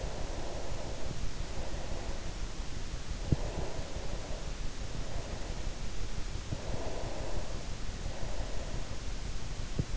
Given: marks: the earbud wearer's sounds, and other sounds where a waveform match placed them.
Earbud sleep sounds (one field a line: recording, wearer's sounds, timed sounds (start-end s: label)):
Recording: sounds in sleep by an in-ear microphone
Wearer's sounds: breath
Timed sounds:
0.00-2.47 s: breath
3.12-5.97 s: breath
6.51-9.02 s: breath